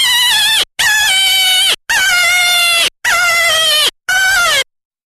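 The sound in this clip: Jackrabbit distress call, loud shrill harmonic screams in five drawn-out cries, slightly falling in pitch, separated by brief gaps.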